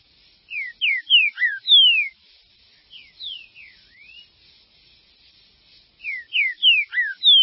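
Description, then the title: Green-winged saltator song: two loud phrases of clear whistled notes sliding downward, separated by a softer phrase and pauses. "Trinca Ferro"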